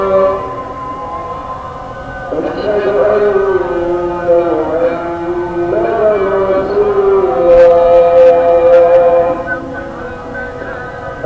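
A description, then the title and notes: A steady drone and low rumble run throughout. From about two seconds, a voice rises in a long, wavering, drawn-out line like a sung prayer. A few sharp clicks and a faint high whine appear around eight seconds. Northern Morocco Impression. Field Recording. Mixed Recordings from Fes, Iche, Figuig, Marrakesh of Morocco: Sounds of Prayers and Life.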